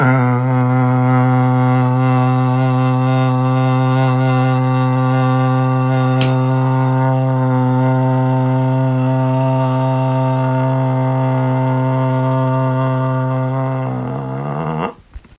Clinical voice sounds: sustained vowel /a/; male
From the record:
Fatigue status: no fatigue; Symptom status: asymptomatic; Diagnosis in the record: COVID-19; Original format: m4a

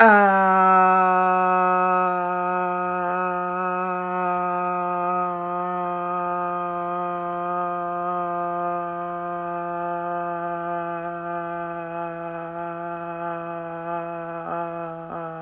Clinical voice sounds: sustained vowel /a/; female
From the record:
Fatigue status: no fatigue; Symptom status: asymptomatic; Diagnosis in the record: COVID-19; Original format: m4a

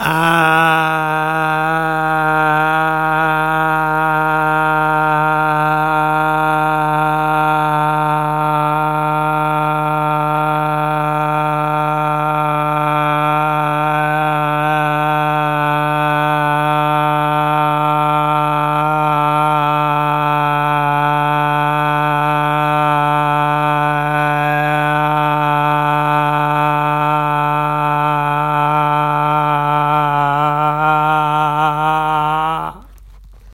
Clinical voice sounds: sustained vowel /a/; male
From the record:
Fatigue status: no fatigue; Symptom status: asymptomatic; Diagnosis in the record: COVID-19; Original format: m4a

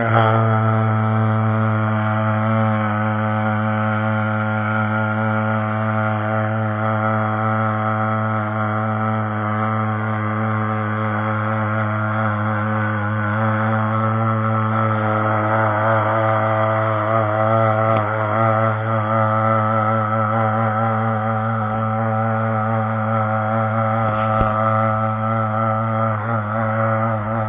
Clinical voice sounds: sustained vowel /a/; male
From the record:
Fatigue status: no fatigue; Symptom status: asymptomatic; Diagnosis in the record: COVID-19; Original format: 3gp

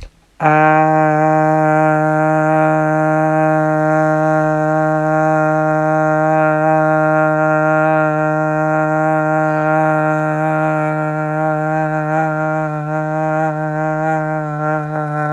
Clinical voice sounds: sustained vowel /a/; male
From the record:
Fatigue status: no fatigue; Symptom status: symptomatic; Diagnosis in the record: COVID-19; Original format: m4a

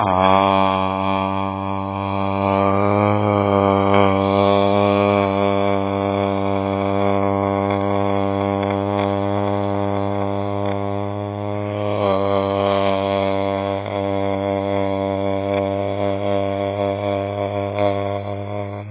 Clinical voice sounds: sustained vowel /a/; male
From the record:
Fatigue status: no fatigue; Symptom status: asymptomatic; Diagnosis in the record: COVID-19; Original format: 3gp

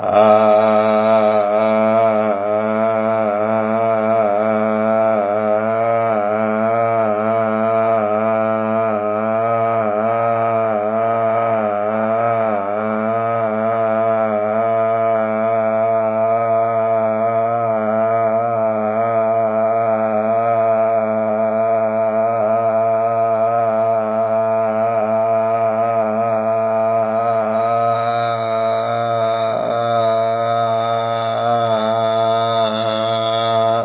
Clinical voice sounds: sustained vowel /a/; male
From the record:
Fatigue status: no fatigue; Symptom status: asymptomatic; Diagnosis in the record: COVID-19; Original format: 3gp

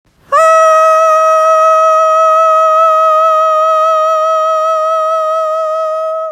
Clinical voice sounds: sustained vowel /a/; female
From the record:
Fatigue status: fatigue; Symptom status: symptomatic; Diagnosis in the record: COVID-19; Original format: m4a

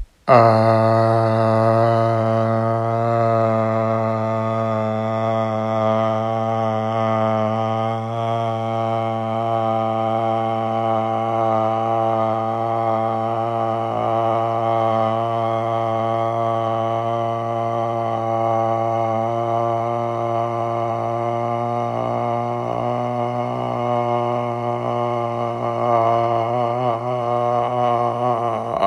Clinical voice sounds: sustained vowel /a/; male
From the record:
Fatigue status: no fatigue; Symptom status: asymptomatic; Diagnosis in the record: COVID-19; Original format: m4a

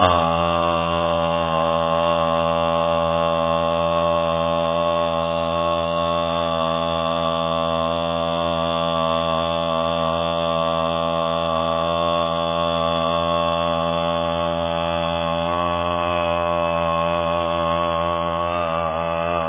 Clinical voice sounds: sustained vowel /a/; male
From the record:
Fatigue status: no fatigue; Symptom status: symptomatic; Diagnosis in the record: COVID-19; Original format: 3gp

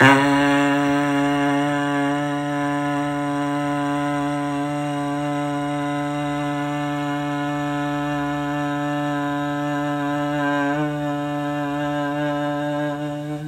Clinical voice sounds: sustained vowel /a/; male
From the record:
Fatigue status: no fatigue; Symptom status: symptomatic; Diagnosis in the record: COVID-19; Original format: m4a

